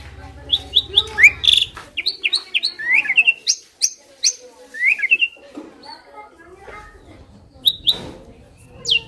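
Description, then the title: Asian pied starling song: bursts of sharp chirps and downslurred whistles, busy at first then sparser, over a low hum. Masteran (training recording) of Asian pied starling song for birds that sing too little or are sluggish. "Masteran Jalak Suren Atasi Burung KURANG GACOR Dan LOYO"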